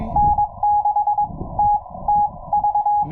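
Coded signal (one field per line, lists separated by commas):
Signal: Morse code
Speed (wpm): 22 wpm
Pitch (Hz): 830 Hz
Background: none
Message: N6TTV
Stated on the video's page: CW sent with paddles on a Yaesu FT-891 at 25 watts during a SOTA summit activation, using a 17-ft whip antenna on a tripod.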